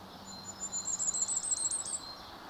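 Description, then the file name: Common firecrest giving a thin, very high-pitched series of rapid notes that grows louder, with a low hum underneath. "Vuurgoudhaan"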